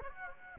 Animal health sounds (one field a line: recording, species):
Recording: mosquito wingbeat signal from an infrared sensor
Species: Aedes aegypti